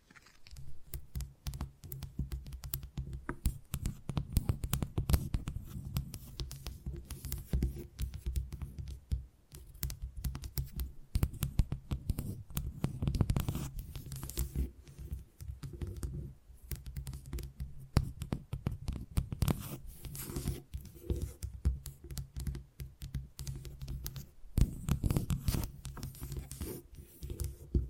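Tingly tapping sounds run through the whole clip as rapid, dense clicks and taps, like fingertips drumming on a keyboard. The pace shifts between busy flurries and sparser moments, with some sharper, brighter taps standing out. A low, soft thudding sits underneath throughout.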